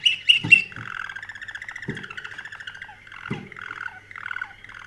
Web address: sounds canary canary-sound